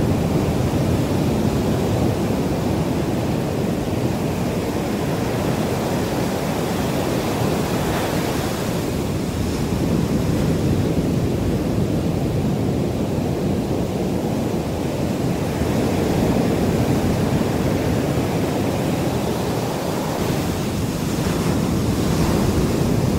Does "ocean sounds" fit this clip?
yes